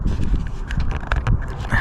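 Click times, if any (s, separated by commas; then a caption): 1.1 s. A plastic Ring plug-in twist-lock mount plate for floodlight cams, its tabs lined up with the mounting bracket's slots, is twisted into the bracket amid scraping and tapping handling noise. The sharpest click, at 1.1 s, is the plate locking into place, with other knocks around 0.7 s, 1.3 s and 1.7 s. The mount ends seated and locked in the bracket.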